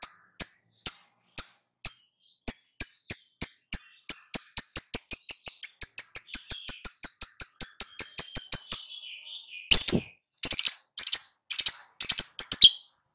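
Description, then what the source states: Lovebird chirping sharply, the notes speeding into a rapid run, then breaking into a series of loud harsh squawks. Prompting track (pancingan) meant to get a lovebird to respond and sing vigorously (gacor).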